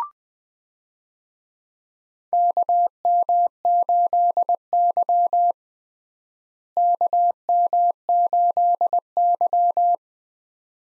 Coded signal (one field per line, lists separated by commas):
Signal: Morse code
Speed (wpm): 20 wpm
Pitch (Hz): 700 Hz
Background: none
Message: KM8Y KM8Y